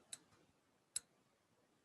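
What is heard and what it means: An opened metal jump ring on an earring is squeezed closed tightly with pliers. A fainter tick sounds at 0.1 s, then a sharp, bright metallic click at 1.0 s as the two ends of the ring meet and click shut.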